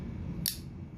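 The steel lock bar of a Spyderco Nirvana folding knife snaps into place behind the blade tang as the blade is opened. A single sharp, bright metallic click is heard at 0.5 s over a low background hum. The lock is seated, with firm lockup.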